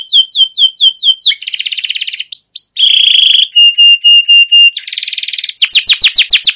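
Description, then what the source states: Canary song mixing short downslurred notes, dense buzzy rolls and sustained flat whistles, changing phrase every second or so. Canary song recorded as a lure or training master for canaries, a long trilling rolled song described as cuit cuit ngerol, gacor panjang.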